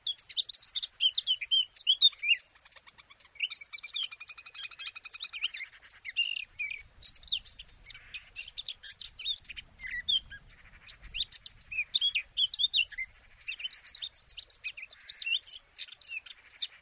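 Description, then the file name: Eurasian blackcap warbling song, a long run of rapid, varied chattering and whistled notes, with a brief pause near three seconds before the jumble resumes. "Sylvia atricapilla"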